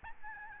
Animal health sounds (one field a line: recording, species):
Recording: mosquito wingbeat signal from an infrared sensor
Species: Aedes albopictus